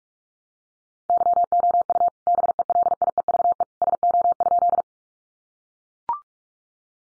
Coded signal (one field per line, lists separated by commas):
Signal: Morse code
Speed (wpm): 44 wpm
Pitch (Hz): 700 Hz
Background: none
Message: YOU BELIEVE SO?